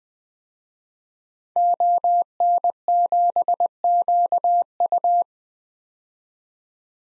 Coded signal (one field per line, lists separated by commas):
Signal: Morse code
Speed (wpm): 20 wpm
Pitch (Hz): 700 Hz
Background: none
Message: ON7QU